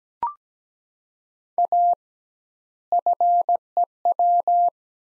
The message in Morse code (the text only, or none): A FEW